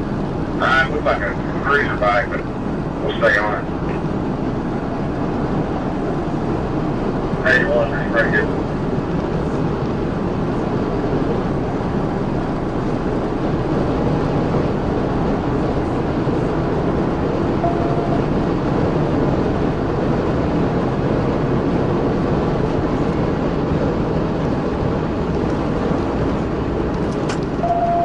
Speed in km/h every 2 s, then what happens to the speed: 179, 177, 180, 185, 184, 187, 193, 198, 204, 208, 211, 209, 185, 172.
0-21 speeds up to 211. 21-28 brakes to 172.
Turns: none.